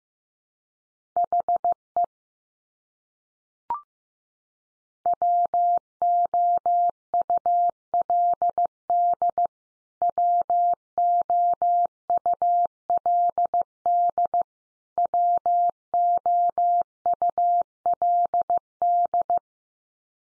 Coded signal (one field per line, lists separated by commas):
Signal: Morse code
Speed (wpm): 15 wpm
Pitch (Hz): 700 Hz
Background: none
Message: HE WOULD WOULD WOULD